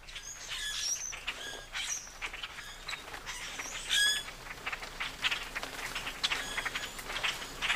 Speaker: And let's listen to the clicks and squeaky call notes of the common grackle here.